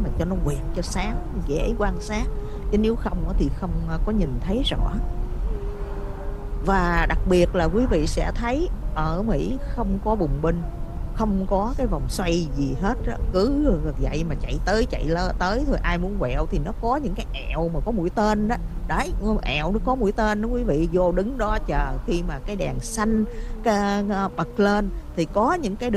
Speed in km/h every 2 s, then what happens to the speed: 58, 56, 55, 55, 53, 52, 50, 48, 47, 44, 37, 27, 24.
0-23 slows to 24.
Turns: none.